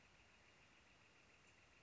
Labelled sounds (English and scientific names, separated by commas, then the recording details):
Northern Flicker (Colaptes auratus)
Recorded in Sonoma County, California